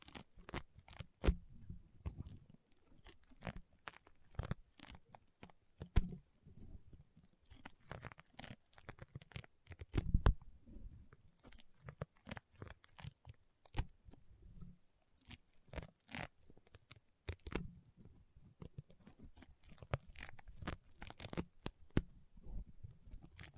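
Slime being squeezed and pressed, with dense, irregular crunchy pops and crackles throughout, sharp snaps over a soft low squishing underneath.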